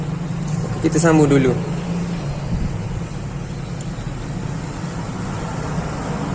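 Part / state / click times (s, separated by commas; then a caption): flex cable connector into phone mainboard socket / not seated / none. A flex cable connector is being handled at the socket on a phone mainboard, before the battery is connected. Someone talks briefly over a steady low hum with no distinct click. Nothing has seated or clicked yet.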